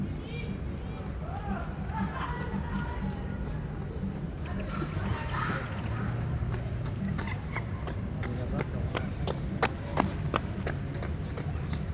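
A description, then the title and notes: Outdoors in a park, a steady low rumble runs underneath throughout. Voices drift through the first half, strongest around five seconds, then from about seven seconds sharp, bright taps repeat at an irregular pace, like quick footsteps. Bellvile Parc. Its a haven of green surrounded by tall apartments. It sits on a hillside, with winding paths through the foliage that lead upwards. Paris splayed out before me, hugged by the grey winter.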